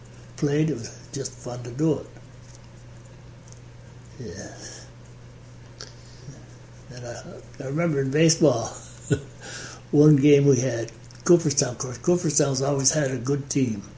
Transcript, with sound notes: played, it was just fun to do it. I remember in baseball [chuckles] one game we had. Cooperstown, of course Cooperstown has always had a good team.